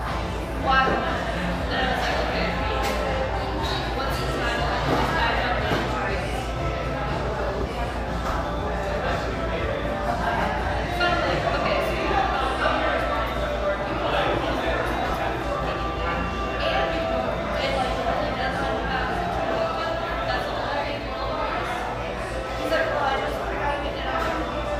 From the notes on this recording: cheerful, bustling background noise of this sunny café in one of the OC's most upscale neighborhoods